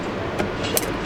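A steering wheel is pulled off its quick-release hub inside a matte black Nissan Skyline GTR R33. A faint knock at about 0.4 s is followed by a sharp, bright snap at 0.8 s over a steady low rumble, and the wheel comes free.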